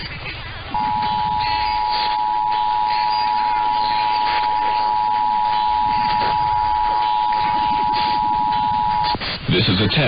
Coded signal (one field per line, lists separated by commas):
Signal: Emergency Alert System (SAME) tones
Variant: 853 and 960 Hz attention tone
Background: speech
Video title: South Idaho Required Monthly Tests (EAS #9739-9740) 2/2/23